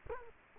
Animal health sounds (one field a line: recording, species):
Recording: mosquito wingbeat signal from an infrared sensor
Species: Culex quinquefasciatus